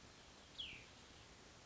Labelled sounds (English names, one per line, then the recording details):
Cassin's Vireo
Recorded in Sonoma County, California